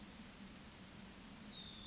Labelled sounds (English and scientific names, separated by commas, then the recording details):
Yellowhammer (Emberiza citrinella) song
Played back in forest
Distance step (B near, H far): F
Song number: 115